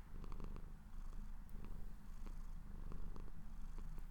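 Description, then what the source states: Cat purr, low and throbbing, with several faint clicking sounds scattered across it. Owner's pet cat purring while falling asleep.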